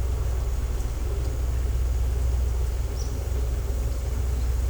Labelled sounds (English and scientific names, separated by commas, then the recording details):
none
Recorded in secondary vegetation near Puerto Asís, Putumayo, Colombia, on 20 December 2024 at 11:30
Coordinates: 0.468, -76.324
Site G095